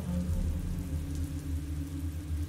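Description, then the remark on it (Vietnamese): Steady rain hisses without pause, layered over a low, droning rumble of wind. The sound stays even and moderately loud throughout, with no voices. “Mưa gió thổi hắt vào ngọn đèn cậy trong căn phòng tắt ngúm đi.”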